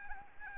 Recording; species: mosquito wingbeat signal from an infrared sensor; Anopheles arabiensis